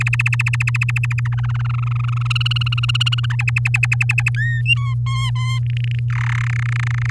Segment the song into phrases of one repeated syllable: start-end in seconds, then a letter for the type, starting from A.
0.00-1.20 A, 1.25-2.27 B, 2.30-3.26 C, 3.30-4.29 D, 4.36-4.61 E, 4.66-4.94 F, 5.06-5.59 G, 5.66-5.99 H, 6.10-6.48 I, 6.50-7.10 J